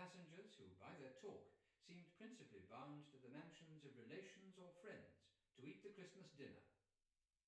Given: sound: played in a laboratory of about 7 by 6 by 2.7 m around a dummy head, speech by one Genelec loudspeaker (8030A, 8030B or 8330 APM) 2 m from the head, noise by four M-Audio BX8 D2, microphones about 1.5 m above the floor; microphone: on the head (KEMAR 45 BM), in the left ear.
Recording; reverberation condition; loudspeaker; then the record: male speech in English; medium; 120 degrees to the right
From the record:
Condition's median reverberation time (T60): about 510 ms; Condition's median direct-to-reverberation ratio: about -0.5 dB